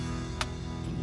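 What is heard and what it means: The steel frizzen (pan cover) on a flintlock lock is closed over a priming pan filled with priming powder, snapping shut under spring tension at 0.4 s with a short, sharp click over music. The frizzen seats closed, and the flintlock rifle is ready to shoot.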